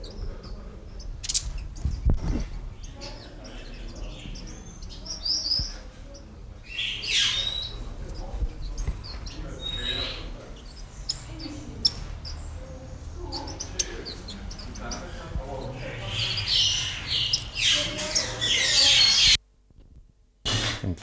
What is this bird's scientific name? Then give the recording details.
Lioparus chrysotis. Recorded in captivity. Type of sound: call. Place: Zoo Berlin, Berlin, DE. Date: 1996-02-24 11:53. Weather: heiter, -6°C. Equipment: Sony WM-D6C, Sennheiser ME 80, Kopie Uher 4000 Report Monitor. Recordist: Tembrock, Günter. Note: Helle (hohe) Laute